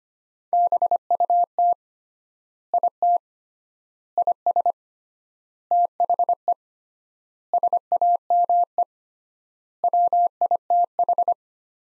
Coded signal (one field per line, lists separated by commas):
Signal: Morse code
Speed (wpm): 25 wpm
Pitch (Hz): 700 Hz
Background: none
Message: BUT IT IS THE SAME WITH